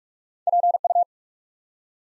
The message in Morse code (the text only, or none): PU